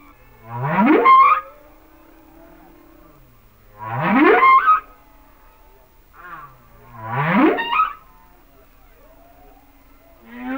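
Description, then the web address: Humpback whale song: a repeated phrase about every three seconds, each a low upsweep rising into a bright harmonic cry, with faint whistles between phrases. "Whale Songs Sounds of Nature - Humpback Whales"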